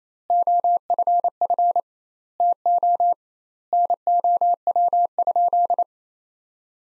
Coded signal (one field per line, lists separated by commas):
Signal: Morse code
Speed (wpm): 28 wpm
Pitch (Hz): 700 Hz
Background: none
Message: OFF TO NOW?